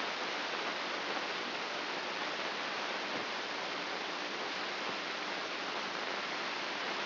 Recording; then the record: brain microelectrode recording played as sound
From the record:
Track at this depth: outside the subthalamic nucleus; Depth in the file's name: 7.228 mm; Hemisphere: left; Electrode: 3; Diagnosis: Parkinson's disease